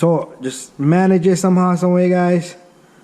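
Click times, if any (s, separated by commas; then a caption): none. A broken suspension/drive part, repaired with a spare screw, is being maneuvered into its mount on a Traxxas XMAXX 8S RC truck while someone talks. The clip is mostly voice, and the part has not snapped into place yet; nothing has seated or clicked.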